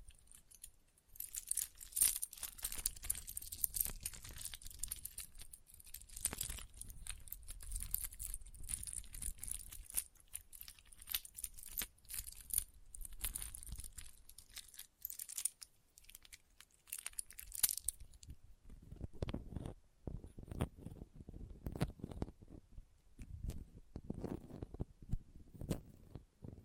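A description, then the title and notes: An assortment of Christmas-themed trigger sounds with no talking: dense, bright crinkling and rustling for the first eighteen seconds or so, busy and uneven. After that the sounds turn lower and sparser, with soft bumps, scrapes and brief pauses between them. Christmas Trigger Assortment (No Talking).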